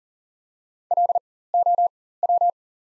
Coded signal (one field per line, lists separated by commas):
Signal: Morse code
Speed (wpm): 40 wpm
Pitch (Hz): 700 Hz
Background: none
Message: LOW